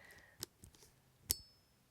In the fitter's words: I don't think you can hear it actually let me put it next to the microphone that snaps in place so this